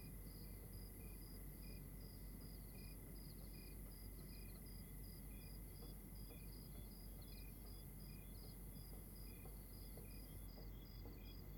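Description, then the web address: Night chorus of crickets, quick high chirps repeated about three times a second over a thin steady tone and persistent low rumble. Outdoors at night in Rwanda. "Monte Sound - Atmospheres of Rwanda AMB External Rwanda Night Crickets"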